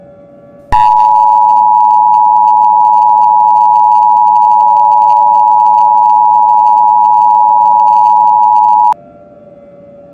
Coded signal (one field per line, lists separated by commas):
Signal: Emergency Alert System (SAME) tones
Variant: 853 and 960 Hz attention tone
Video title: EAS Scenario #2: Rocked